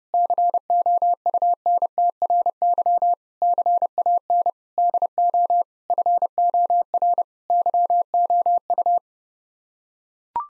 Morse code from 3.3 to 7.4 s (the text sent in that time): CAN DO FOR